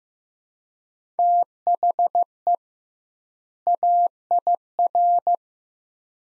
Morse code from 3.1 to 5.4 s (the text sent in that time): AIR